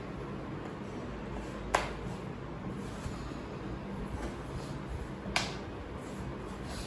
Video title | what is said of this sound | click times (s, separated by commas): Moca Hardshell Cover Case for 13 Inch MacBook Pro | So as you see here, I am able to hear a bit of clicks at all the ends. | 1.7 s, 5.4 s